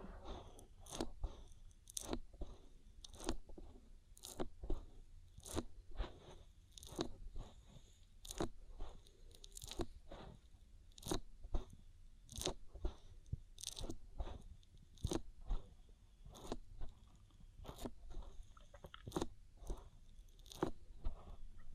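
Slick, crackling rubbing sounds from an oil ear massage come in quick bursts, roughly two or three each second, for the whole stretch. Each burst is a sharp, crunchy swipe with a soft low rumble underneath, and the pace stays fairly even throughout.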